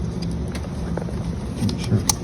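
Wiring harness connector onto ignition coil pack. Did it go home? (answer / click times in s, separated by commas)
yes / 2.1 s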